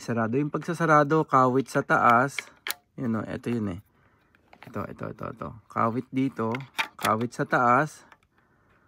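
Someone talks while closing a flat visor lens on a helmet, hooking its upper catch and pressing the top hook into the side latch mechanism. The clip ends just before the lens goes home, so nothing has seated or clicked yet.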